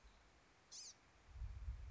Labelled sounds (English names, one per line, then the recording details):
Blue-gray Gnatcatcher
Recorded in Sonoma County, California